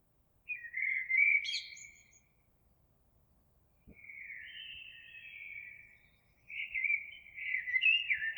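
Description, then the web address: Eurasian blackbird singing mellow fluted phrases separated by brief pauses; the first includes a high squeaky twitter, and a soft click is heard midway. Recorded 26 April 2022. "oiseaux Merle 2022 04 26"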